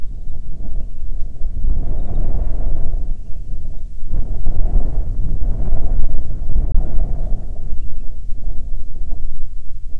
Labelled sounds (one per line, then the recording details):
bird
wind
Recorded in the Arctic National Wildlife Refuge, Alaska, on 9 July 2019 at 22:02
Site 48